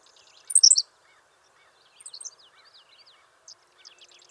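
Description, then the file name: Henslow's sparrow song: one sharp, high hiccupping tsi-lick burst, then a softer one about a second and a half later, with a few faint notes after. "Ammodramus henslowii - Henslow's Sparrow"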